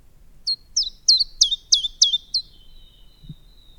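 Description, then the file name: Common chiffchaff song, a short burst of about seven bright, descending notes delivered at a brisk, slightly uneven pace against a quiet background. "Golosa ptic i zverei - Penochka-tenkovka"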